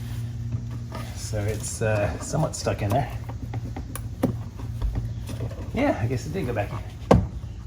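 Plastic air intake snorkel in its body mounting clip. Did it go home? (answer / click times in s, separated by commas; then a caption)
released / 7.1 s. A plastic air-intake snorkel on a Porsche Boxster 986/987, just pushed back into its body mounting clip, is pulled up while someone talks. Soft handling knocks come through the talking, then a loud, sharp pop at 7.1 s as the snorkel releases from its clip.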